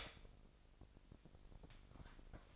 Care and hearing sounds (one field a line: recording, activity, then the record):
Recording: daily activity, microphone in the room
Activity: stop toaster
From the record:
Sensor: 5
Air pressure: 1007.3 hPa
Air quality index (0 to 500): 124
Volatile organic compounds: 1 ppm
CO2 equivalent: 942 ppm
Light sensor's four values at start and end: 27/62/26/26 and 27/63/26/27